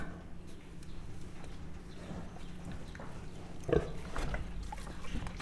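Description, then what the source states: Mangalica pig giving low, rough grunts, with a louder burst in the second half, over steady low rumbling background noise. Standard Mangalica pig grunting, recorded close up at Miskolc Zoo in 2009.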